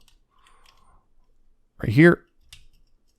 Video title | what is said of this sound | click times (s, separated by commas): Transformers Legacy Evolution Bombshell | I want to bring those forward, make sure it's all the way forward like that, click into place, and then right here, what you want to do is | 2.5 s